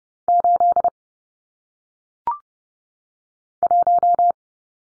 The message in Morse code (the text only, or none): 8 1